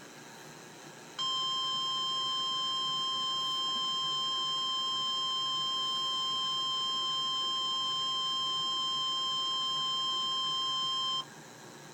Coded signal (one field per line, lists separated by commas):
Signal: Emergency Alert System (SAME) tones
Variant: 1050 Hz attention tone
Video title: REAL EAS 755-Severe thunderstorm warning